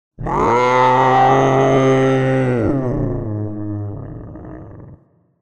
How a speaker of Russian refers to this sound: От этого рычания даже у меня слегка затрепетал источник.